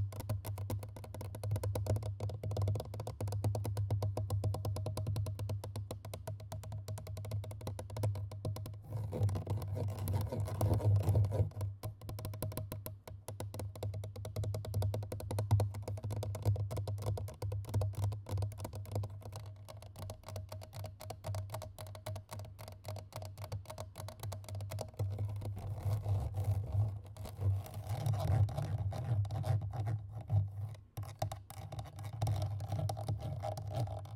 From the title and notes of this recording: MIC scratch/tapping FAST&AGGRESSIVE. マイクのタッピングとスクラッチング・はやくてアグレッシブ.